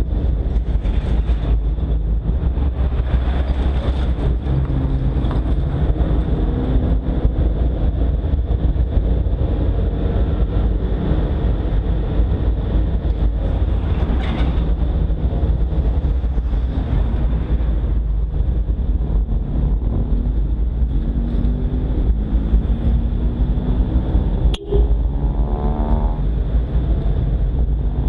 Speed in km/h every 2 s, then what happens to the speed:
16, 20, 24, 28, 31, 31, 31, 27, 23, 19, 16, 16, 15, 16.
0-8 speeds up to 31. 12-20 slows to 16. 20-28 steady at about 16.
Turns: none.